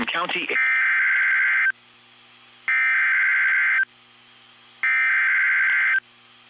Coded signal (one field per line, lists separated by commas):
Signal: Emergency Alert System (SAME) tones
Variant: header bursts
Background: speech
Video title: NOAA Weather Radio - Severe Thunderstorm Warning KIG79 Nashville, TN